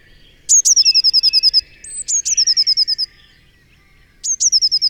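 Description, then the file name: Eurasian blue tit giving a bright trill, a high sharp note falling into a fast run of even notes, heard three times. "Cyanistes caeruleus"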